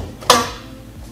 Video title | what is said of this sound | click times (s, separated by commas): The Most Unique Product a Company Has Sent Me (FSP Twins) | just like that and then there's a little audible click | 0.3 s